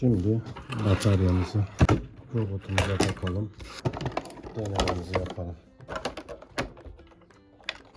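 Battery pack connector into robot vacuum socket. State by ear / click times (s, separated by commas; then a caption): seated / 7.7 s. During a battery repair on a Xiaomi robot vacuum with an obstacle sensor error, the battery pack is set into its bay and its wire-to-board socket connector is pushed into the robot's socket. Someone talks, then brief handling knocks follow around 6.0–6.6 s and a sharp click lands at 7.7 s as the connector seats and the battery is in place.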